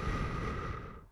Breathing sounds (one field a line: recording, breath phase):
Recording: one breath near a microphone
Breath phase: exhalation